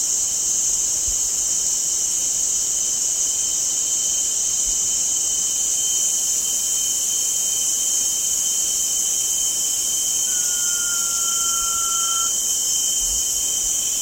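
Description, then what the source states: Blue-banded pitta giving a single drawn-out whistle, steady and slightly falling, about two seconds long, over a loud continuous insect drone. Recorded on 1 June 2007.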